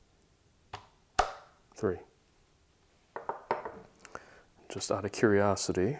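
A preset torque screwdriver tightens the third screw of the CPU socket retention frame on an Asus WRX80E SAGE SE WIFI II board for an AMD Threadripper Pro 5975WX build. A faint tick at 0.7 s is followed by a sharp, bright clutch click at 1.2 s, confirming the screw has reached its torque setting. Someone then talks, with a few small taps and clicks between the words.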